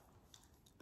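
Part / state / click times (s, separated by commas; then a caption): plastic speculum lever ratchet locking the blades open / seated / 0.3 s, 0.7 s. A plastic vaginal speculum on a gynecological training model is opened by pushing its lever forward until the ratchet locks the blades open, usually after about two clicks. Two sharp ratchet clicks are heard at 0.3 s and 0.7 s over a quiet background, with fainter ticks at 0.4 s and 0.8 s. The speculum ends up locked in the open position.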